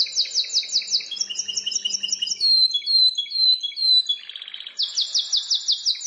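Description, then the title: Plain prinia song: a very high rapid chattering series, drawn-out whistles, a short buzzy phrase, then another fast run of sharp high notes. "Ciblek Sawah"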